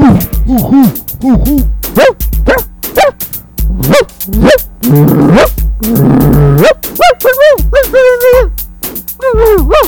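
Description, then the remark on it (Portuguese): A dog barks over and over in loud, tonal bursts, some quick and clustered, shifting toward higher, whinier yips near the end. “Só o cachorro!”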